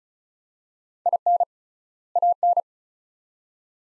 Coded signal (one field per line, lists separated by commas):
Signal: Morse code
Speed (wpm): 34 wpm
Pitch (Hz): 700 Hz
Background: none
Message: IN AN